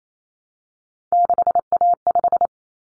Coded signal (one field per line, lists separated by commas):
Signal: Morse code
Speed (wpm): 28 wpm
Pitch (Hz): 700 Hz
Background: none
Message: 6A5